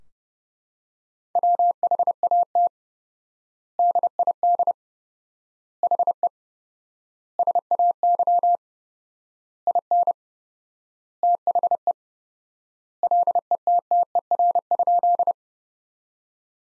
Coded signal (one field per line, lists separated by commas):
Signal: Morse code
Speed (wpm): 30 wpm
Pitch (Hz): 700 Hz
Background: none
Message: WHAT DID HE SAY IN THE LETTER?